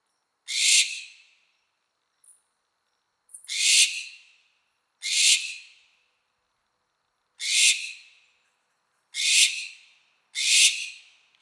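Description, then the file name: American barn owl uttering six harsh, noisy screeches at irregular intervals, each short and hissing, with brief faint sounds between some calls. "American Barn Owl Tyto furcata"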